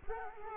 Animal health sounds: mosquito wingbeat signal from an infrared sensor; Culex quinquefasciatus

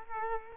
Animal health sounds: mosquito wingbeat signal from an infrared sensor; Culex quinquefasciatus

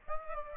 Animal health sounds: mosquito wingbeat signal from an infrared sensor; Aedes albopictus

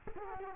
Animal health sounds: mosquito wingbeat signal from an infrared sensor; Culex quinquefasciatus

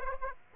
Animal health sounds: mosquito wingbeat signal from an infrared sensor; Aedes aegypti

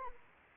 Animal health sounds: mosquito wingbeat signal from an infrared sensor; Anopheles arabiensis

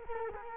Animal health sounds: mosquito wingbeat signal from an infrared sensor; Culex quinquefasciatus

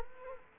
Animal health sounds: mosquito wingbeat signal from an infrared sensor; Culex quinquefasciatus

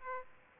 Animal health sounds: mosquito wingbeat signal from an infrared sensor; Aedes aegypti

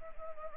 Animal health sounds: mosquito wingbeat signal from an infrared sensor; Anopheles gambiae

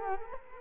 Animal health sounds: mosquito wingbeat signal from an infrared sensor; Culex quinquefasciatus

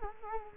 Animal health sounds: mosquito wingbeat signal from an infrared sensor; Culex quinquefasciatus

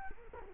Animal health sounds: mosquito wingbeat signal from an infrared sensor; Culex quinquefasciatus

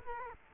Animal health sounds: mosquito wingbeat signal from an infrared sensor; Culex quinquefasciatus

